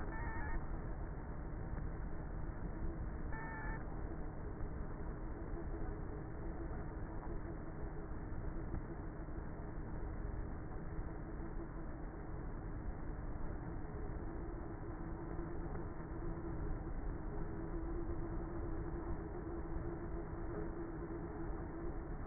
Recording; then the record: honeybee colony, microphone inside the hive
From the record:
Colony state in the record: queenless with a low population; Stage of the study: before two queens were removed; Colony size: about 30,000 bees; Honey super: no